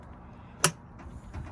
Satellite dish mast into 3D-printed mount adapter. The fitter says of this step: you hear that satisfying click um